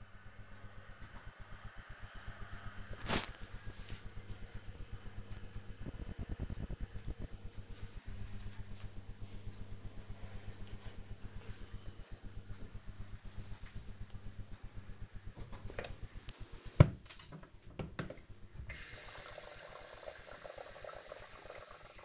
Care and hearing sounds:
household activities, microphone on the right wrist
14.35-22.05 s: making tea

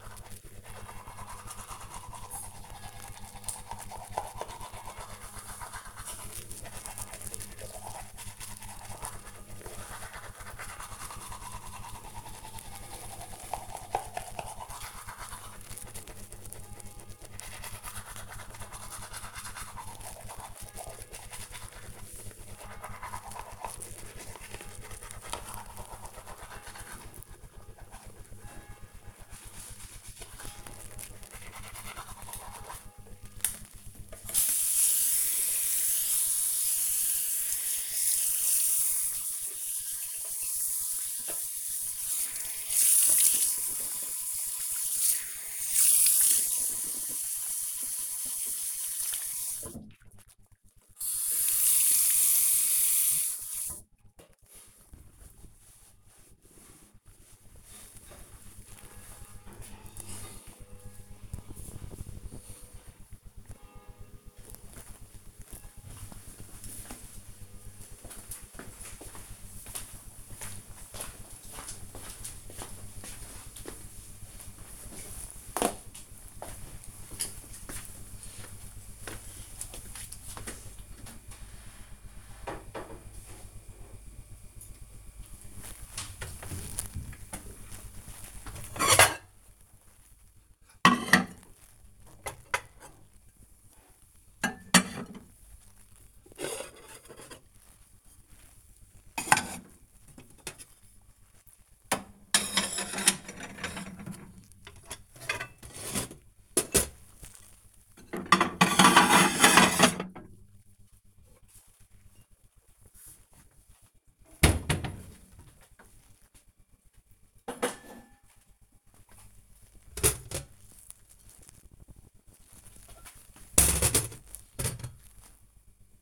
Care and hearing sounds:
household activities, microphone on the right wrist
0.00-53.95 s: brushing teeth
84.20-126.02 s: putting away the dishes

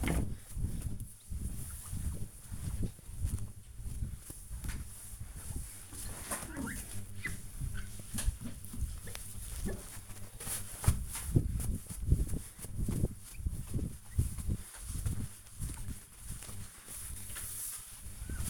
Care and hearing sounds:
household activities, microphone on the right wrist
0.00-18.50 s: window cleaning

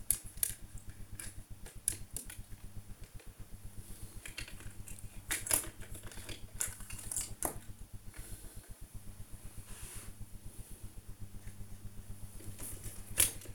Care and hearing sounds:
household activities, microphone on the right wrist
0.00-13.55 s: build with lego

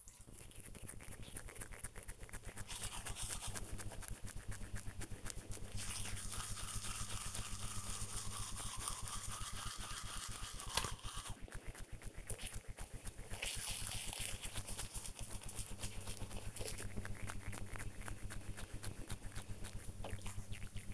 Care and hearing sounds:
household activities, microphone on the right wrist
0.00-20.94 s: brushing teeth

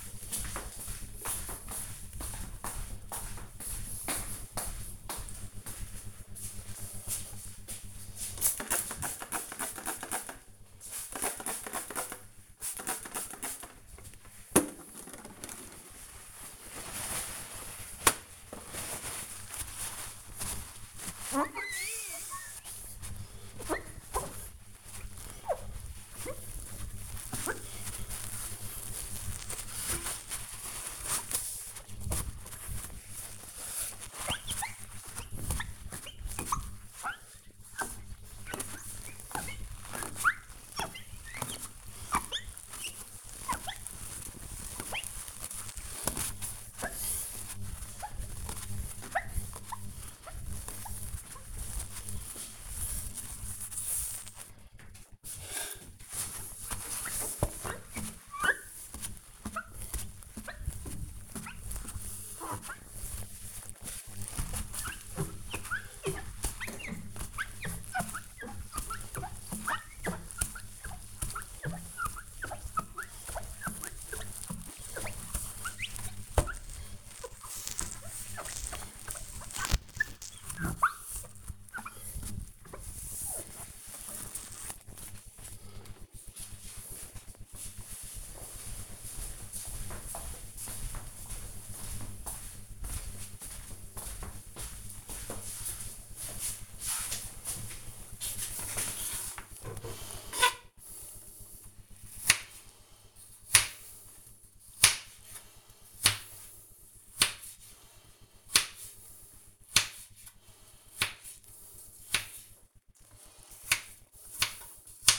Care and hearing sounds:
household activities, microphone on the right wrist
7.83-85.36 s: window cleaning
100.43-115.19 s: cutting vegetables

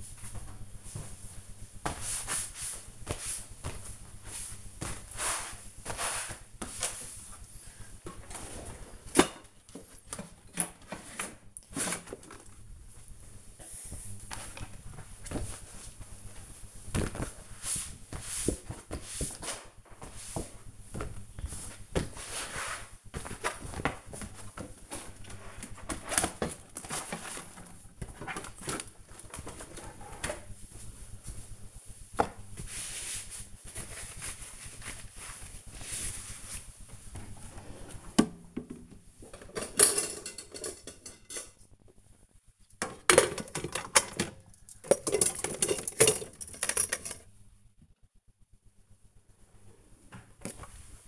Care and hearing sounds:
household activities, microphone on the right wrist
0.00-51.08 s: putting away the dishes

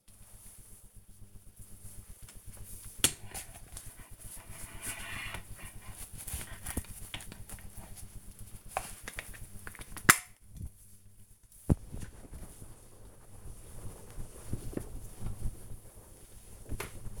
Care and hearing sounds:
household activities, microphone on the right wrist
0.00-17.20 s: floor cleaning

